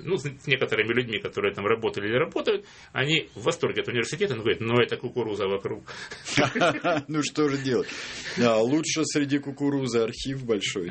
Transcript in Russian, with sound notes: ну, с некоторыми людьми, которые там работали и работают. Они в восторге от университета, но они говорят: ну, эта кукуруза вокруг!
(смех) Ну, что же делать? Лучше среди кукурузы архив большой, чем……